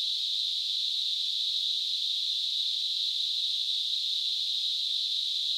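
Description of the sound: A steady, unbroken high-pitched hiss, centered around 4 kHz, holds at an even loudness for nearly six seconds with no rhythm or breaks. It is a simulated tinnitus sound, imitating the constant ringing or hissing heard in the ears.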